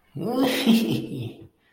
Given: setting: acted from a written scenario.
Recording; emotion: vocal sound without words; elation